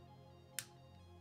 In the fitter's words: there we go. You hear that click? Was nice sound.